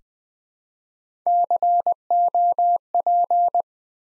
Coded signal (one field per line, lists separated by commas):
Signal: Morse code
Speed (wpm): 20 wpm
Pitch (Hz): 700 Hz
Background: none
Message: COP